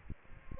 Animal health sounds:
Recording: mosquito wingbeat signal from an infrared sensor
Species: Aedes aegypti

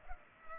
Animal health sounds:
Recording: mosquito wingbeat signal from an infrared sensor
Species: Culex pipiens

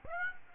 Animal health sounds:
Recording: mosquito wingbeat signal from an infrared sensor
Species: Aedes aegypti

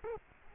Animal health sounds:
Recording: mosquito wingbeat signal from an infrared sensor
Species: Culex quinquefasciatus

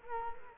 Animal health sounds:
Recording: mosquito wingbeat signal from an infrared sensor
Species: Culex quinquefasciatus

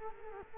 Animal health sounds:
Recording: mosquito wingbeat signal from an infrared sensor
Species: Culex quinquefasciatus

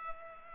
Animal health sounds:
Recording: mosquito wingbeat signal from an infrared sensor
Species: Culex pipiens

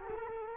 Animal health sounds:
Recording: mosquito wingbeat signal from an infrared sensor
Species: Culex quinquefasciatus

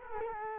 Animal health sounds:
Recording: mosquito wingbeat signal from an infrared sensor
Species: Culex quinquefasciatus

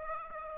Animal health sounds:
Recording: mosquito wingbeat signal from an infrared sensor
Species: Aedes aegypti

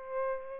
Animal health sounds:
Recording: mosquito wingbeat signal from an infrared sensor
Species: Aedes aegypti

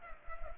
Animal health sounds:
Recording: mosquito wingbeat signal from an infrared sensor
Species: Culex pipiens

